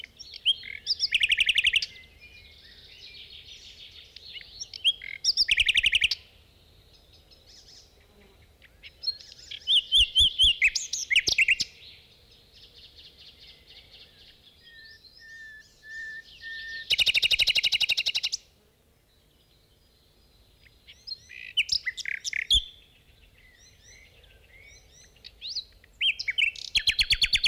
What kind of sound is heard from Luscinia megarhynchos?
song